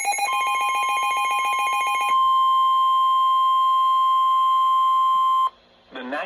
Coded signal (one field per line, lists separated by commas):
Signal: Emergency Alert System (SAME) tones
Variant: 1050 Hz attention tone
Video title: EAS 220 - Severe Thunderstorm Warning